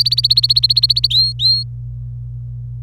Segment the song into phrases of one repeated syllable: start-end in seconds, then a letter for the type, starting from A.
0.00-1.07 A, 1.10-1.63 B